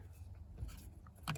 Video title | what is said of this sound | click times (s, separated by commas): Mitch’s $21 clockspring Toyota LC 150 Prado clock-spring replacement | Nice little click as well. | 1.3 s